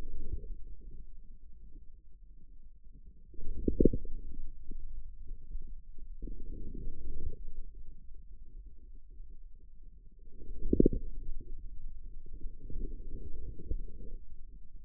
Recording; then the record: forearm muscle sounds (acoustic myography)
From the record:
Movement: outward rotation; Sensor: system 2, bracelet of six BSWA MPA416 microphones around the upper forearm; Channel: 5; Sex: male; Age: 22 years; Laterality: right